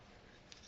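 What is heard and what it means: The two plastic halves of a Traxxas Stampede RC car transmission case are wiggled together over the already installed bearings against a steady background hiss. A short, sharp snap at 0.5 s marks the halves seating together, leaving no seam.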